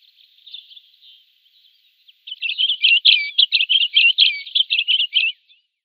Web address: Schulze Peter Crimson-winged Finch song